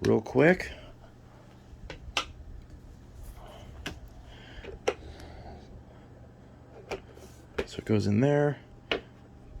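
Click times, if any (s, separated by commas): 8.9 s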